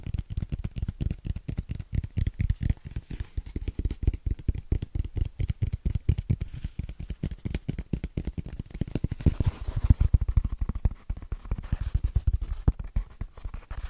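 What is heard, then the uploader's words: Fast, rhythmic tapping on fitness foam runs without pause, the dense soft thuds mostly low and muffled with a faint papery crackle on top. The pace stays quick and even, growing slightly louder and brighter around the ten-second mark. ASMR Super Tingly Fast & Rhythmic Tapping On Fitness Foams (No Talking).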